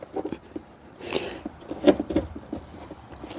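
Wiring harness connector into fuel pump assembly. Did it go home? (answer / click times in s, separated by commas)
no / none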